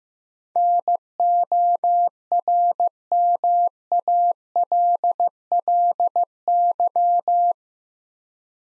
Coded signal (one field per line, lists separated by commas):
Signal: Morse code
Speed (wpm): 15 wpm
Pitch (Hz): 700 Hz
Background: none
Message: NORMALLY